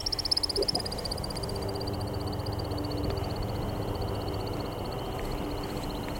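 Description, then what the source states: American woodcock during its display flight: a rapid, even stream of high, thin twittering notes from the wings, sliding slightly down in pitch, over a constant low rumble. Male's courtship display flight, wings twittering as he spirals a couple hundred feet up; the female probably gauges the display's quality.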